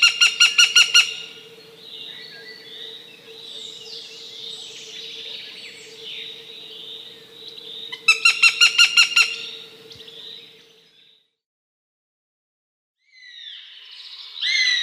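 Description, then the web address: Northern goshawk giving rapid, sharp chattering kek-kek series in two bursts, with softer bird calls and a steady faint hum between them. "Schulze Peter Goshawk"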